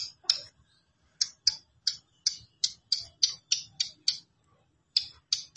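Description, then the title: Plain prinia song of sharp, dry ticking notes, high-pitched and clipped, repeated in a brisk irregular series broken by short pauses. "Ciblek Sawah"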